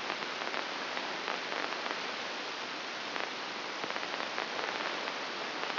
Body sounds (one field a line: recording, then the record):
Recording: brain microelectrode recording played as sound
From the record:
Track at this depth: inside the subthalamic nucleus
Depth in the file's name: 5.861 mm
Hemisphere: left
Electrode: 2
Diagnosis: Parkinson's disease